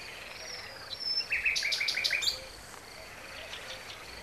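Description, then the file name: Common nightingale song: a rapid burst of bright repeated notes near the middle, amid quieter scattered notes. "Luscinia megarhynchos"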